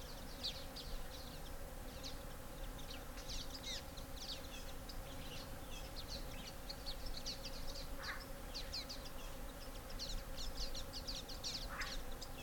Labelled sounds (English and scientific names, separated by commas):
Cape Verde Warbler (Acrocephalus brevipennis) call